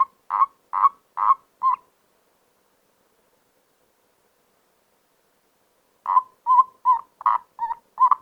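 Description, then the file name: Common toad giving quick pulsed croaks: five rapid notes, a pause of about four seconds, then a fresh burst of around six notes. "Erdkröte"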